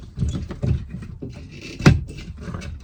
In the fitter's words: is clicked in place so